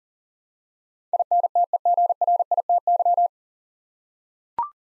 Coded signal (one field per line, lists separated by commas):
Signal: Morse code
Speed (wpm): 40 wpm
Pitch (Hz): 700 Hz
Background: none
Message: INTEGRITY